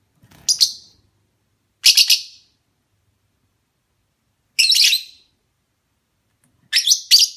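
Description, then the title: Lovebird calling with four harsh, shrill chirping bursts at uneven intervals, the last a rapid double burst, with nothing else heard. Lovebird mating call, used as a lure. "Suara Lovebird Kawin Untuk Pancingan"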